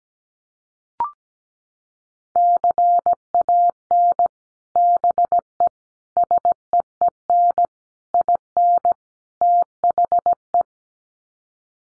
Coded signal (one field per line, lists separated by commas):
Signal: Morse code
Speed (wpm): 17 wpm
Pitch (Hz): 700 Hz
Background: none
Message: CAN BE SEEN IN THE